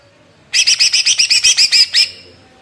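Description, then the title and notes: Greater green leafbird song: a rapid, evenly spaced train of many harsh, buzzy chirps lasting about one and a half seconds. Lively, melodious singing intended as a master recording for training captive leafbirds; described as gacor, ngentrok, with raised crest (jambul nembak). "Cucak Ijo Gacor Ngentrok Jambul Nembak. suara burung cucak ijo gacor, merdu cocok buat masteran burung cucak ijo"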